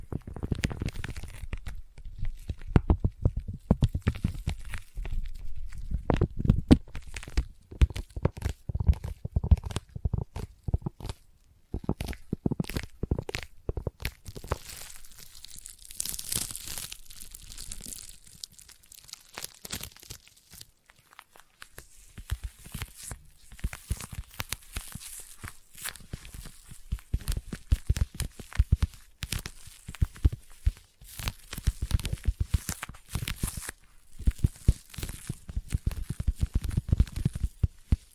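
Dense sticky tapping and peeling crackles, rapid and irregular, with low thuds early and late and brighter tearing sounds around sixteen seconds.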